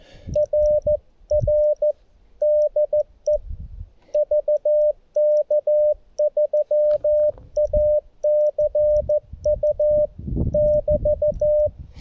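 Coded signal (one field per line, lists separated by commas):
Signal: Morse code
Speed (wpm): 15 wpm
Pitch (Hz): 600 Hz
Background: radio noise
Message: R R DE VK3ACU <BT>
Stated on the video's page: Portable CW on QRS (slow-speed) night with a G90, including a contact keyed with a bug.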